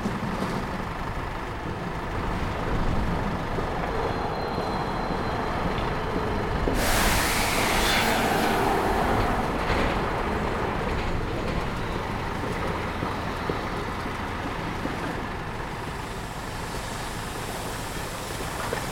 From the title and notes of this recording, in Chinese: 在北大南门等人｜城市声音。录音时间是2020年11月30日上午，气温在1度左右。手里拿了一杯从旁边便利店接的热水。